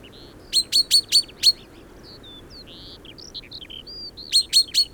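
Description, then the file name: Common chaffinch call series: a run of five sharp, ringing notes, a pause filled with soft thin whistles and chirps, then three more sharp notes. "Fringilla coelebs"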